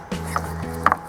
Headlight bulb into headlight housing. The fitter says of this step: okay once it's clicked and